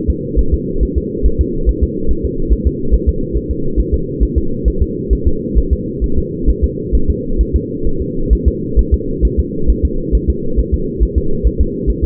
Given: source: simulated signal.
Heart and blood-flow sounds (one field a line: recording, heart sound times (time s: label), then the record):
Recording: fetal heart sounds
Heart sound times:
0.10 s: S2
0.39 s: S1
0.54 s: S2
0.83 s: S1
0.98 s: S2
1.26 s: S1
1.41 s: S2
1.69 s: S1
1.83 s: S2
2.11 s: S1
2.25 s: S2
2.53 s: S1
2.67 s: S2
2.94 s: S1
3.09 s: S2
3.37 s: S1
3.51 s: S2
3.80 s: S1
3.94 s: S2
4.23 s: S1
4.38 s: S2
4.68 s: S1
4.82 s: S2
5.13 s: S1
5.27 s: S2
5.58 s: S1
5.73 s: S2
6.04 s: S1
6.19 s: S2
6.50 s: S1
6.64 s: S2
6.95 s: S1
7.10 s: S2
7.41 s: S1
7.56 s: S2
7.87 s: S1
8.02 s: S2
8.33 s: S1
8.48 s: S2
8.79 s: S1
8.94 s: S2
9.25 s: S1
9.39 s: S2
9.70 s: S1
9.85 s: S2
10.15 s: S1
10.30 s: S2
10.59 s: S1
10.74 s: S2
11.03 s: S1
11.18 s: S2
11.47 s: S1
11.61 s: S2
11.90 s: S1
12.04 s: S2
From the record:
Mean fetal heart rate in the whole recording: 135 bpm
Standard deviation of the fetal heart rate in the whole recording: 3 bpm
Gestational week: 34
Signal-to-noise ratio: -8.1 dB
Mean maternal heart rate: 72 bpm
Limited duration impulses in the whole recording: absent